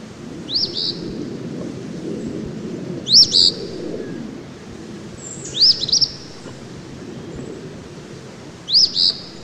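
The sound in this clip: Eastern phoebe singing a sharp, two-part high phrase four times, roughly every two and a half to three seconds, over a steady low rumble.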